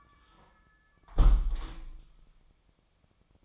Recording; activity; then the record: daily activity, microphone in the room; close window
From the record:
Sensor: 1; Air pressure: 1004.6 hPa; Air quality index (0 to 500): 108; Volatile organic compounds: 3 ppm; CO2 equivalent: 1489 ppm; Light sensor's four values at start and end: 9/21/8/9 and 8/21/8/9